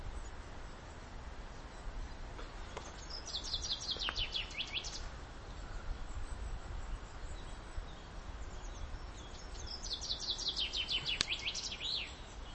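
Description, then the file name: Common chaffinch delivering two bright, descending trills several seconds apart, against a steady hissing background. "Fringilla coelebs"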